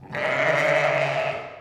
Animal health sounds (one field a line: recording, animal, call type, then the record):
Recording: contact call of a hoofed animal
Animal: sheep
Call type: low-frequency (closed-mouth) or high-frequency (open-mouth) call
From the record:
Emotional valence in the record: negative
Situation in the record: short social isolation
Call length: 1.61 s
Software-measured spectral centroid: 1910 Hz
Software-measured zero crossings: 2240 a second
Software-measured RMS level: -23 dBFS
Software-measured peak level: -9 dBFS